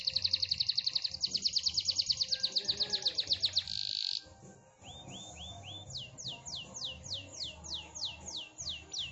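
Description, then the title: Canary singing a fast, high rolling trill, then a few soft rising chips and a series of sharp descending whistled notes over a light background hum. Canary singing in the song style called cengkok mewah, singing persistently and clearly. "Cengkok Kenari Mewah. Kenari cengkok mewah GACOR JERNIH"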